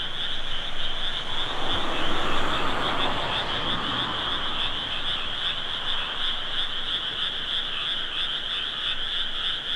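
Frogs calling together in a constant high trill, with a low rumbling noise swelling in the first few seconds before fading.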